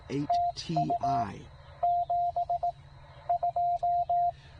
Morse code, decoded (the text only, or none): TU 72